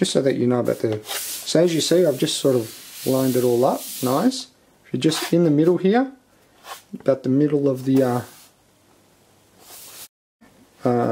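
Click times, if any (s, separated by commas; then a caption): none. Someone talks while a frame, the bottom panel of a MacBook Pro whose hard drive is being replaced, is lined up over the middle of the laptop chassis, with soft rubbing and handling noises. A short, louder sound comes in near 10.9 s at the very end. The frame has not been pressed down yet, and nothing has clicked into place.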